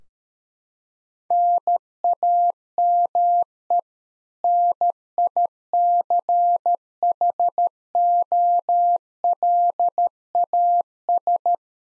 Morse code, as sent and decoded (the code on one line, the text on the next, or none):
-. .- -- . / -. .. -.-. .... --- .-.. .- ...
NAME NICHOLAS